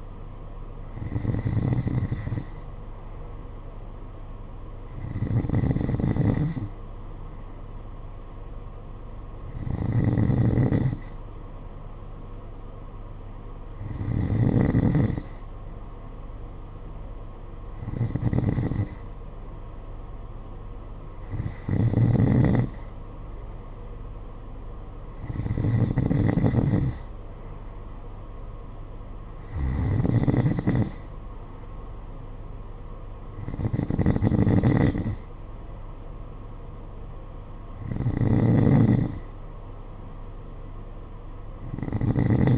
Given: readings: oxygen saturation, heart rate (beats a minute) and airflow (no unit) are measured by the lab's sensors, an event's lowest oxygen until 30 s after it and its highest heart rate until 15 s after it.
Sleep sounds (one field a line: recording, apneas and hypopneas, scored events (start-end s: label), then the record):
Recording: breathing in sleep by a smartphone at the bedside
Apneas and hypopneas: none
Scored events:
none scored
From the record:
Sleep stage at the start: N2 (light sleep)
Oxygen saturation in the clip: 91 to 92%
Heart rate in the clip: 50 to 54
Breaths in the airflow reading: 10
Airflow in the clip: -6.4 to 6.0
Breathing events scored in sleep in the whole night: 476 in 9.7 hours asleep